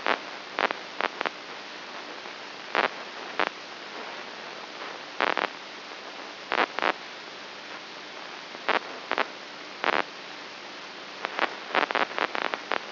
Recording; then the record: brain microelectrode recording played as sound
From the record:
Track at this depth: inside the subthalamic nucleus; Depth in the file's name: 5.84 mm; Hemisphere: right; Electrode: 2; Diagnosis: Parkinson's disease